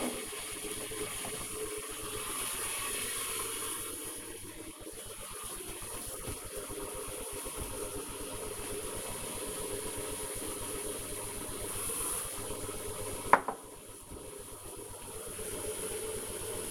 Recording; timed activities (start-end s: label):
household activities, microphone on the right wrist
0.00-16.71 s: making tea